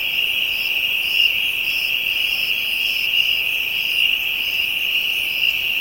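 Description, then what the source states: Insect chorus: a steady shrill trill with repeated short higher buzzy notes. Ambient insect chorus from Africa.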